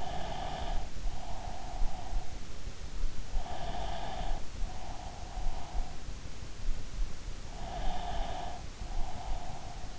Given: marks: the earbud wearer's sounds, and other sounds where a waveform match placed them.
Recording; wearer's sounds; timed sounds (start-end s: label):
sounds in sleep by an in-ear microphone; breath
0.00-2.33 s: breath
3.53-6.24 s: breath
7.56-9.98 s: breath